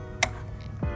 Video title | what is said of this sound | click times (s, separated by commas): Tuning the FIRST 2025 Honda Civic Si with KTuner!! | got that click and we're good to go | 0.2 s